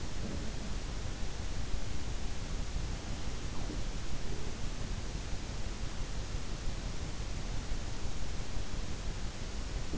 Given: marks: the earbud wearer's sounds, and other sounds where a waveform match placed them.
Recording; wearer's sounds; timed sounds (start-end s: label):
sounds in sleep by an in-ear microphone; breath
0.00-0.90 s: breath